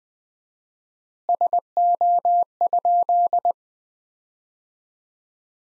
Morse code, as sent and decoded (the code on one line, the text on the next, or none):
... --- ..--..
SO?